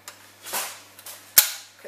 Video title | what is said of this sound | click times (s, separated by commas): SFA:Kalasnikov AKS74U Review and Unboxing | clicks into place, so you have a bit more CQB weapon, like that. | 1.4 s